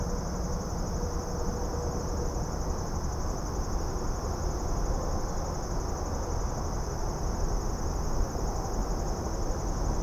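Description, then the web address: Insects hum steadily in a high unbroken chorus, while a thick low rumble of noise fills the background. Suburban setting, daytime ambience. "Suburban din day insects. boom library Urban and Suburban"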